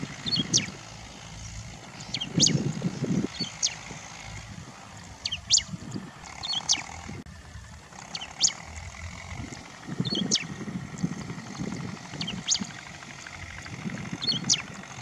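Bristled grassbird giving brief high, clipped notes, some in close pairs, with uneven low rumbling background noise throughout.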